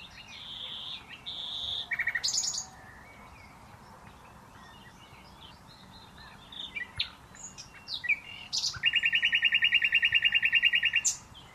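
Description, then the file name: Common nightingale song with a short whistled and chattering phrase, scattered soft notes, then a long, loud, rapidly repeated trill. "Luscinia megarhynchos"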